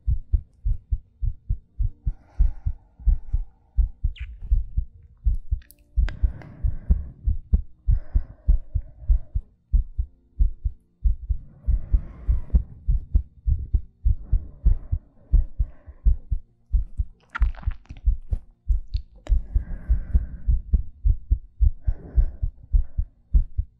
ASMR Heartbeat Breathing.